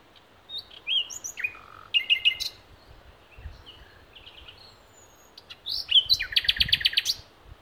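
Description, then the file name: Common nightingale song in varied short phrases of whistles, slurred notes and clicks, ending with a loud burst of rapid repeated notes. "Luscinia megarhynchos"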